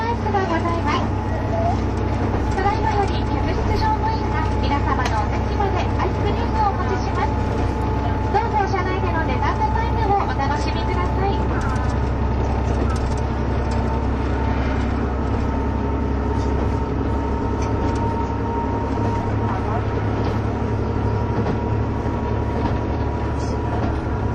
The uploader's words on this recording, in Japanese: キハ71系 ゆふいんの森03号02 日田～由布院。走行音(音の旅)。